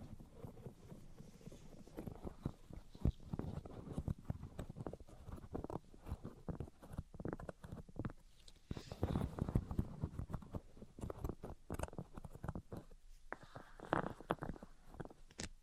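Tapping, scratching and tracing sounds run continuously, a dense stream of short irregular taps and scrapes concentrated in the low and middle range. Brighter scratchy strokes rise around nine and fourteen seconds, with a brief quieter gap near thirteen seconds.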